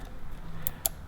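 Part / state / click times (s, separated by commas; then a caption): wire terminal pin into steering wheel connector housing / seated / 0.7 s, 0.9 s. A wire terminal pin for a paddle-shift retrofit harness on a BMW E90/E91/E92/E93 is pushed into a plastic steering-wheel connector housing. Two sharp ticks are heard at 0.7 s and 0.9 s over quiet background, and the pin is seated all the way in the housing.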